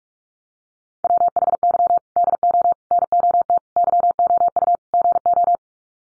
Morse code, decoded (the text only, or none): WHY DO NOT YOU GO